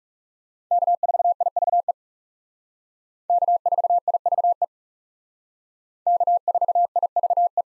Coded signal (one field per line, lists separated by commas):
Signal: Morse code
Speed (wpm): 37 wpm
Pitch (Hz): 700 Hz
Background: none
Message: K4IVE K4IVE K4IVE